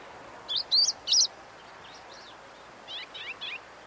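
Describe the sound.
Bird calling with a loud group of three sharp, high chirps, followed by fainter, similar notes over a steady background hiss.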